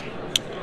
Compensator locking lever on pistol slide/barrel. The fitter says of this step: hear that click as it clicks in it's good to go yep absolutely um